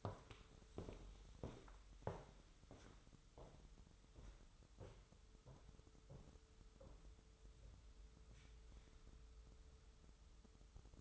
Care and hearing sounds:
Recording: daily activity, microphone in the room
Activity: walk to room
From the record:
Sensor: 3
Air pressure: 988.1 hPa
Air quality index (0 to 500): 157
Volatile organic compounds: 75 ppm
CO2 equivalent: 3562 ppm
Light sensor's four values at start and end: 24/75/31/27 and 24/76/32/27

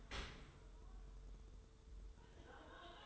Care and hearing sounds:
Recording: daily activity, microphone in the room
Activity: open dishwasher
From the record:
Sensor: 3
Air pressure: 1015.0 hPa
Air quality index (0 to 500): 30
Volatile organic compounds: 1 ppm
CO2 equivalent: 535 ppm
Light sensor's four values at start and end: 11/26/11/10 and 11/26/11/10

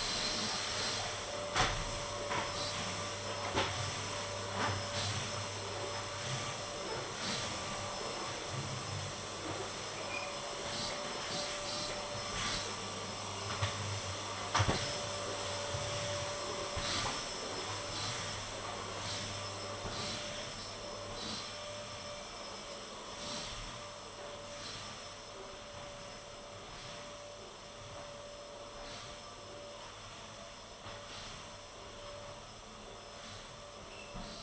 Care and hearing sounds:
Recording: daily activity, microphone in the room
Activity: vacuum cleaning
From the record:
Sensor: 4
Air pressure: 1012.7 hPa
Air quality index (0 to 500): 249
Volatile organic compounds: 5 ppm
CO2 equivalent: 1706 ppm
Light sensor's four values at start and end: 13/29/11/11 and 12/28/11/10

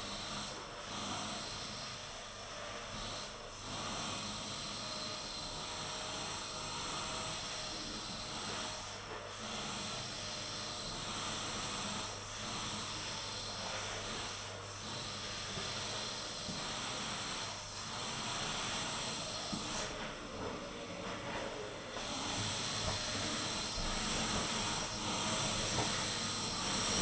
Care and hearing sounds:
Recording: daily activity, microphone in the room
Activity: vacuum cleaning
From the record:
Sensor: 4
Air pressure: 992.6 hPa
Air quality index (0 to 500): 146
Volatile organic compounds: 94 ppm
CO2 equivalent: 3712 ppm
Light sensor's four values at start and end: 19/65/24/25 and 17/60/22/22

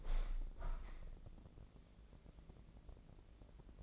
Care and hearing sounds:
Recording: daily activity, microphone in the room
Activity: open window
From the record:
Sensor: 5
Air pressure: 1012.4 hPa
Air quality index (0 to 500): 162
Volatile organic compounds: 2 ppm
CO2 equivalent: 1100 ppm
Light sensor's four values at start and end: 70/169/69/74 and 70/169/69/74

